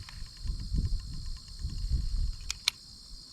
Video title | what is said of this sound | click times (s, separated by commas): Wicked Ridge RDX400 Crossbow. Very Nice! | there it is so that just engaged the safety all right so now we don't want to crank any further | 2.5 s, 2.7 s